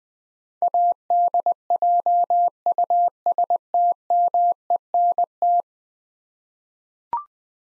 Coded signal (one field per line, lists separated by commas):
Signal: Morse code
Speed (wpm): 20 wpm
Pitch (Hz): 700 Hz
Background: none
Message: ADJUSTMENT